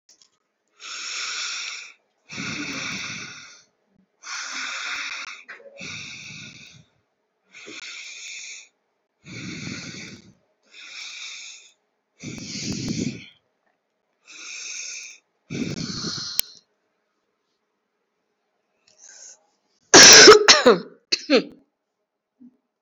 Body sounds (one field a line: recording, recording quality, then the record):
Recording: shallow breathing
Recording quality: excellent, no background noise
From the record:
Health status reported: recovered from COVID-19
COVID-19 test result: positive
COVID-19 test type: RT-PCR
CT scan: not taken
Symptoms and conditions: cough, cold, sore throat, fever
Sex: female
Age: 44 years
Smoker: no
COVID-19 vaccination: both doses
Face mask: worn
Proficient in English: yes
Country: India